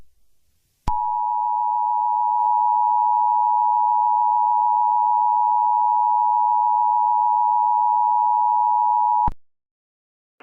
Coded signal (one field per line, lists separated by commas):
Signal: Emergency Alert System (SAME) tones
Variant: 853 and 960 Hz attention tone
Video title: Eas scenario 4: I-ready characters attack